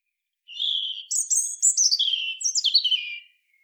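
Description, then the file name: European robin song phrase: a sustained high whistle followed by quick descending warbles and trills, lasting under three seconds, no other sounds. "Erithacus rubecula"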